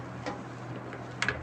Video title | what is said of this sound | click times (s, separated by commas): MATRIX POINT TM-P58IV - CARA INSTALL DRIVER DI WINDOWS DAN CARA KONEK KE CASHDRAWER | Oke, tancap, pastikan sampai mengunci. | 1.2 s